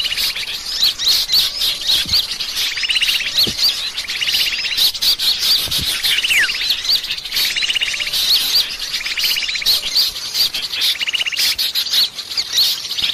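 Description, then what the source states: Birds twittering in a busy high-pitched chorus, with buzzy trills repeating every couple of seconds beneath quick overlapping chirps. Lure recording, 'pikat 1000 burung', meaning a lure for a thousand birds, used to attract birds.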